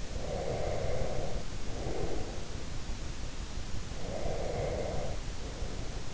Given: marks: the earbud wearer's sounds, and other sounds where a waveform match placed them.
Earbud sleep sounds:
sounds in sleep by an in-ear microphone; breath
0.02-2.47 s: breath
3.91-6.08 s: breath

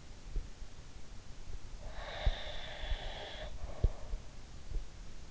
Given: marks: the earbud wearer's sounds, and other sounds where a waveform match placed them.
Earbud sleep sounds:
sounds in sleep by an in-ear microphone; breath
1.82-4.20 s: breath

